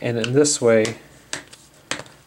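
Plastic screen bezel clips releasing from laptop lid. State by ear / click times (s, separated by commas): released / 1.3 s, 1.9 s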